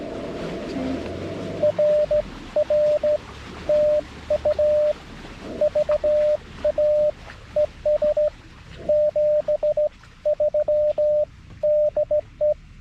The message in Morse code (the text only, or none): RR TU VA ES 73 DE